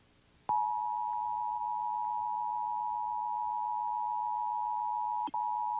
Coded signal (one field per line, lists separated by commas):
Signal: Emergency Alert System (SAME) tones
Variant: 853 and 960 Hz attention tone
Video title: EAS Tornado Warning – WFMZ-TV 69, Allentown, PA (3/31/2022)